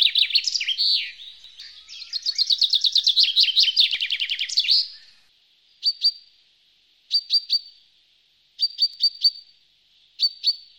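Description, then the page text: Common chaffinch song: a bright trill of repeated notes ending in a flourish, followed by several short high call notes in small groups. Breeding bird recorded in the Renkums Beekdal. "Vink – De natuur van het Renkums Beekdal"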